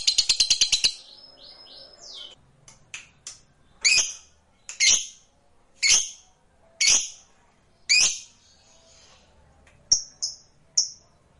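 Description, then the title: Lovebird calls, a fast burst of rapid ticking notes, then harsh screechy squawks about a second apart and a few thin high chirps. Lovebird reluctant to sing, prompted into sudden spirited song. "LOVEBIRD Malas Bunyi JADI GREGET SPONTAN Langsung NARIK"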